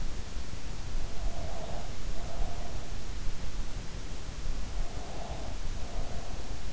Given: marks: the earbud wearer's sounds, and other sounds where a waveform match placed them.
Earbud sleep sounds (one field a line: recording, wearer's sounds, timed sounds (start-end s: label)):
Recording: sounds in sleep by an in-ear microphone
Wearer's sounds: breath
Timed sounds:
1.20-2.72 s: breath
4.81-6.51 s: breath